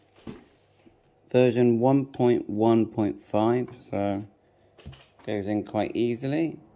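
A microSD card carrying firmware version 1.1.5 is pushed into the side card slot of a Xiegu X6100 ham radio transceiver and slides in easily, with a faint tap near 0.3 s while someone talks. The card has not clicked or latched into the slot yet.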